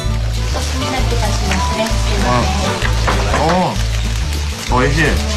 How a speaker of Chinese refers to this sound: 只见服务员用几块鸭肥肉在铁锅中煎出鸭油，依次放入鸭肉片、鸭肉丸子、葱和香菇，这就是传承了百年的鸭肉寿喜锅。而服务员在一旁煎着